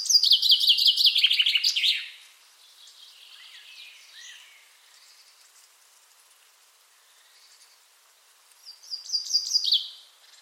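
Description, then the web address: Common chaffinch song, with the close of a descending trill at the start, a long quiet gap with faint chirps, then a new rattling phrase beginning near the end. "Deverinetal"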